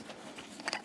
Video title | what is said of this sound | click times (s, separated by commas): Recaro ProRide Overview/Review | and the belts snap in very securely you hear a nice click whenever they go in | 0.7 s